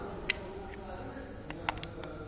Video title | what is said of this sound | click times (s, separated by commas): How to replace battery in car key remote | it is aligned you can see you can hear a clicking sound | 0.3 s, 1.7 s